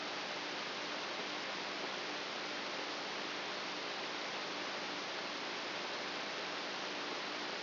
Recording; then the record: brain microelectrode recording played as sound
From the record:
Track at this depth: outside the subthalamic nucleus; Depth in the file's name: 8.3 mm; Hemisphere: right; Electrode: 2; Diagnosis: Parkinson's disease